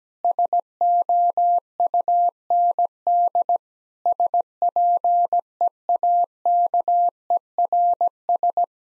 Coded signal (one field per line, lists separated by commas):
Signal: Morse code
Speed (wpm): 17 wpm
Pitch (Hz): 700 Hz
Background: none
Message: SOUND SPEAKERS